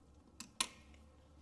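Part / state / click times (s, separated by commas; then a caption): circlip into axle groove / seated / 0.6 s. A metal circlip on the end of a Nissan Pathfinder axle is lined up in its groove with a tool and pushed in. A light tick at 0.4 s comes before a sharp, bright metallic snap at 0.6 s, followed by a faint tick near 0.9 s over a low background hum. The circlip seats in the axle groove with the snap at 0.6 s.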